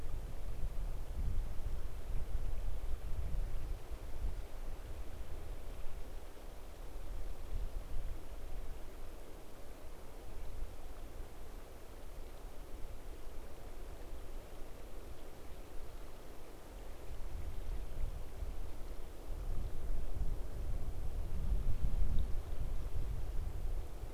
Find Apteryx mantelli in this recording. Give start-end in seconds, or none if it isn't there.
none